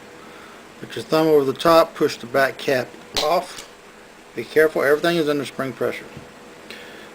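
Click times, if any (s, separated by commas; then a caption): 6.7 s. A punch presses the spring-loaded spacer sleeve down while a thumb pushes the polymer back cap (slide cover plate) off the rear of a pistol slide, as someone talks. A short tick at 6.7 s marks the plate popping free, releasing the cover plate.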